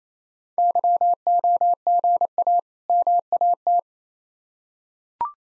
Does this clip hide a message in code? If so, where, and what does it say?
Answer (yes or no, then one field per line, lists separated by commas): yes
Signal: Morse code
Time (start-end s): 0.6-3.8 s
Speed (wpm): 27 wpm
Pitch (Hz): 700 Hz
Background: none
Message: YOGA MAT